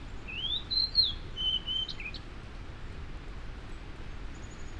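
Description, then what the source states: Fox sparrow song: one sweet, whistled phrase of slurred notes rising then falling, ending in a brief lower note, over steady background hiss. Migrating male singing loudly from shrubs at a yard edge on an early April morning, cold and windy; on his way north, probably to breed in northern Canadian woods.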